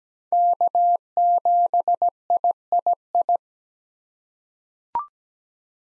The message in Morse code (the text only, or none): K7III